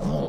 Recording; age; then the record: pig call; piglet (1 to 25 days)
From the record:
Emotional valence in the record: negative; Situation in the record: long isolation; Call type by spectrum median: low-frequency call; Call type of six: low-frequency modulated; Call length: 0.28 s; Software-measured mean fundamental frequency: 70 Hz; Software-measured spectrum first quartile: 162 Hz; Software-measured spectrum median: 307 Hz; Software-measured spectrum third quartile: 602 Hz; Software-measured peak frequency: 190 Hz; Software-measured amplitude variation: 91 dB a second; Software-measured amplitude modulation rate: 26.3 a second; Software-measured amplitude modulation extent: 3.5 dB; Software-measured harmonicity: 1.9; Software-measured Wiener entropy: -0.74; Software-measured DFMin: 1394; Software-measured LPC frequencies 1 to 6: 548, 3213, 4576, 5470, 6200, 7292 Hz